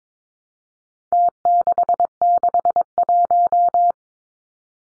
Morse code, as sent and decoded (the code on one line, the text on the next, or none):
- -.... -.... .----
T661